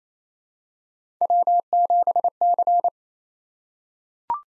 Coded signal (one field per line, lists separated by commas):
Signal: Morse code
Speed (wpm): 27 wpm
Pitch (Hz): 700 Hz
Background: none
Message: W7C